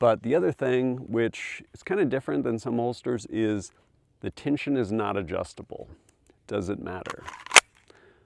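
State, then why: Seated. Someone talks while a pistol is pushed into a molded Henry Holster appendix inside-waistband (AIWB) holster with non-adjustable friction retention. It locks up solid with two sharp clicks at 7.8 s and 7.9 s, and the pistol is seated.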